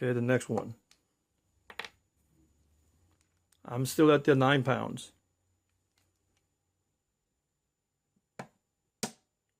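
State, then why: Torque reached. Someone talks while a click-type torque wrench set to 9 in-lb is applied to a steel action screw on the receiver of a Rossi R92 lever-action rifle in .357 Mag/.38 Spl. The screw does not turn, and the wrench gives a sharp click at its setting at 9.0 seconds, confirming the screw is already at torque.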